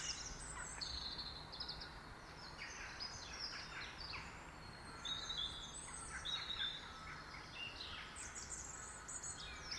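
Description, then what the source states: Several birds chirp and twitter together, with short sharp notes and brief trilled phrases coming and going over a gentle low background rumble. In a garden.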